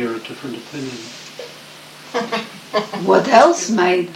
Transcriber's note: laughter